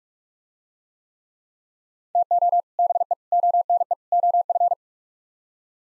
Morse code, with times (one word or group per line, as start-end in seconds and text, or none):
2.2-2.6 TO
2.8-3.1 BE
3.3-3.9 ONE
4.1-4.7 OF